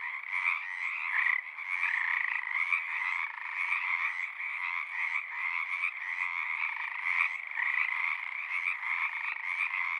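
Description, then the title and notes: Pacific tree frog chorus: numerous frogs giving rapid, repeated croaks that blend into an unbroken, rattling din. Large raucous community at frog ponds in Seattle, Washington, USA; sings spring or summer near dusk or pre-dawn; recorded on a Sound Devices 702 with a Røde NT5 ORTF pair. "One local community here in Seattle is located in the Frog Ponds of Magnusson Park"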